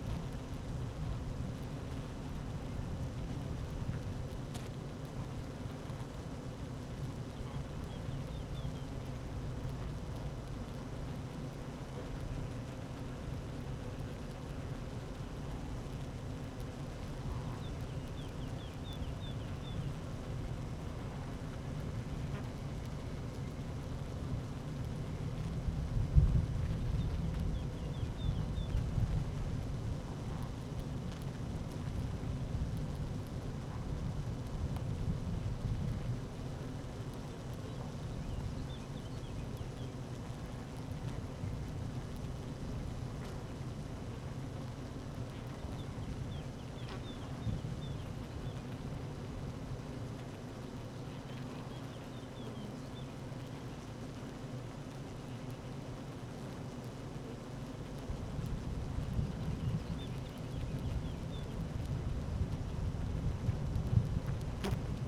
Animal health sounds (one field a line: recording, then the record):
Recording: honeybee colony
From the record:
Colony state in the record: active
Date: 12 June 2018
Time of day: 12:22